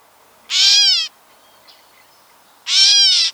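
Gray catbird giving two nasal, cat-like mews about two seconds apart, each a short arched slur lasting roughly half a second.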